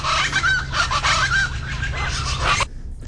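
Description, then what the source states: Plain Chachalaca calls, loud grating cackles repeated rapidly, ending abruptly after about two and a half seconds, low hum beneath. Two, maybe three birds calling together, super noisy; call rendered as chachalaca.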